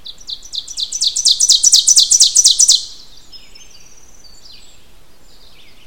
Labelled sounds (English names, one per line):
Ovenbird song